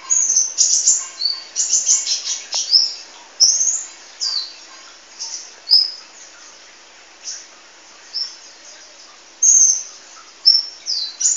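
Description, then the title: Sunbird chirping: very high, thin twittering notes and short sweeping chirps in quick bursts, with brief pauses between clusters. "kicau kolibri"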